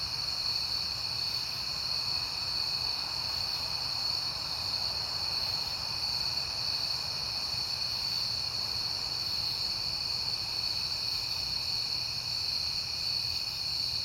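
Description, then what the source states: Crickets sing in a constant high chorus over a faint low hum. Crickets at night in September, on a peaceful night.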